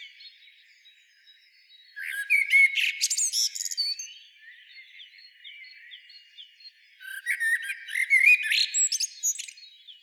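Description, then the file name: Common blackbird delivering two separate song phrases of rich low whistles and squeaky high trills, with a quieter stretch between them. "Turdus merula"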